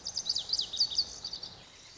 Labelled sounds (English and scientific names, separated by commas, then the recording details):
Lazuli Bunting (Passerina amoena)
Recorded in Sonoma County, California